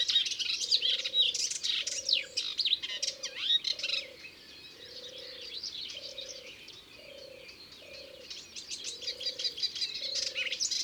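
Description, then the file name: Melodious warbler's rapid, scratchy warble rising and falling in strength, accompanied by a regular low hoot repeating about once a second. Recorded in Ardèche. "Hypolais-Polyglotte Ardeche"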